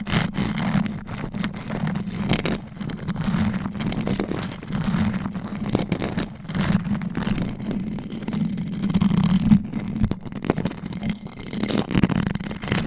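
Mic scratching with claws runs without pause, a dense, restless scraping and rubbing with a strong low rumble underneath. Sharp scratchy clicks and brighter bursts break through irregularly, several times a second, with slight swells in loudness around the middle and end.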